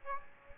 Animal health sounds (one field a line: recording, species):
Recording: mosquito wingbeat signal from an infrared sensor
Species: Aedes aegypti